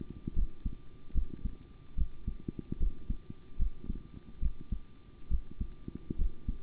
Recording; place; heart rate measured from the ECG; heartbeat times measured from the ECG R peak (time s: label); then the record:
heart sounds by stethoscope; between the tricuspid and mitral areas; 72 bpm
0.34 s: heartbeat
1.13 s: heartbeat
1.96 s: heartbeat
2.78 s: heartbeat
3.57 s: heartbeat
4.40 s: heartbeat
5.29 s: heartbeat
6.17 s: heartbeat
From the record:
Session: rest, sitting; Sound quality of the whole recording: good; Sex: male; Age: 25 years